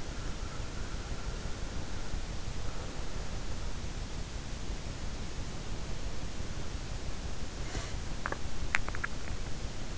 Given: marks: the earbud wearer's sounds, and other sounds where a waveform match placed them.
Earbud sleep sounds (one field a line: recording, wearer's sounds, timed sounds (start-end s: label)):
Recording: sounds in sleep by an in-ear microphone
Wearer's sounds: breath, teeth grinding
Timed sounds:
0.00-3.70 s: breath
7.40-8.02 s: breath
8.20-9.67 s: teeth grinding